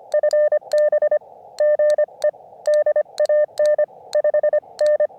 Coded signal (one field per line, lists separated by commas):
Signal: Morse code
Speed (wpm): 25 wpm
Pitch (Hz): 600 Hz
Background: none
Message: FB GE DAN 5N